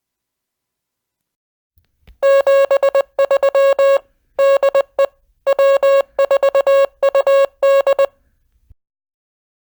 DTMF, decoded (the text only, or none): none